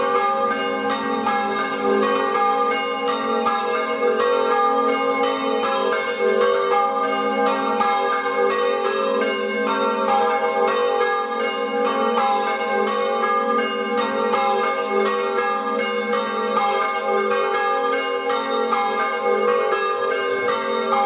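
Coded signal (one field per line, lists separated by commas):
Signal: bell signal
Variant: Friulian battiore ringing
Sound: continuous rapid ringing of several church bells, overlapping clangs with long hum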